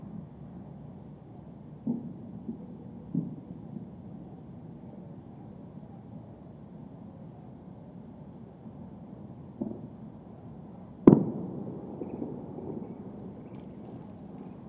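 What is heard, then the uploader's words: Muffled bangs like fireworks or gunshots pop over a steady, low rumble, with soft thuds near 2, 3 and 10 seconds. Just past 11 seconds a much louder, sharper crack rings out and fades slowly. The background hum stays dull and even throughout. Tucson New Year's. THE ETERNAL TUCSON EARTH DRONE/HUM.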